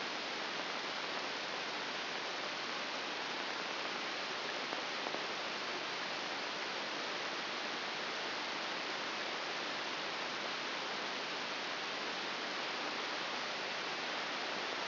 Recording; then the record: brain microelectrode recording played as sound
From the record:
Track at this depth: inside the subthalamic nucleus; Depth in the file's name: 5.801 mm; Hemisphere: right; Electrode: 3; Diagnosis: Parkinson's disease